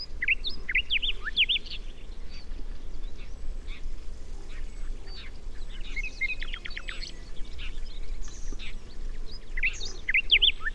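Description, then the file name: Common nightingale song of bright chirping phrases and a quick run of repeated notes near the middle, set against a steady low rumble. "Luscinia megarhynchos"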